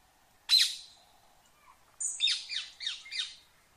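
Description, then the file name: Rose-ringed parakeet with one harsh screech, then after a pause a quick run of a few grating squawks. "Canto do periquito indiano"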